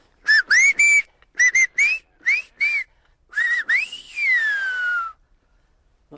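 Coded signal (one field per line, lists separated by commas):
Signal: whistled language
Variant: Silbo Gomero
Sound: loud piercing whistled syllables rising and falling, ending in one long gliding whistle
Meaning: Benito, the goats are getting into the vineyard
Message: Benito, las cabras si te están yendo a la viña.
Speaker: Benito, las cabras si te están yendo a la viña.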